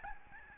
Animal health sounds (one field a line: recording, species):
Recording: mosquito wingbeat signal from an infrared sensor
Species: Aedes albopictus